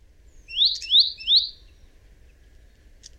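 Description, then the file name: Great tit song: three quick rising, ringing notes in a row, then quiet. "Parus major"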